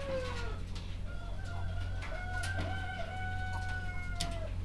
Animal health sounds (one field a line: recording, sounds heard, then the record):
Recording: poultry house recording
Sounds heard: healthy chickens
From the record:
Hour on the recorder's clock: 21